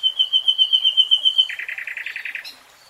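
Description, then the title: Nightingale singing a fast run of clear, piping notes on one pitch, followed by a lower, chunky rapid trill and a short sharp flourish. "[Tiếng chim hót] Nightingale Singing"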